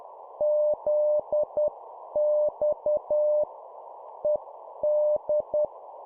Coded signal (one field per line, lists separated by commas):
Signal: Morse code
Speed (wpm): 10 wpm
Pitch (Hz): 600 Hz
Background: none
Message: ZX ED